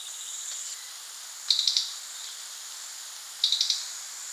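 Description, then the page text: Crested jay producing short rattling series of four rapid clicks, repeated twice about two seconds apart, with constant background hiss. "Crested Jay Calls - Quick Sounds"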